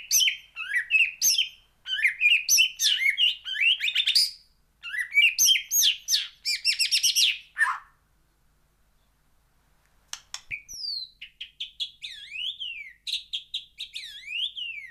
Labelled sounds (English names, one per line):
White-rumped Shama song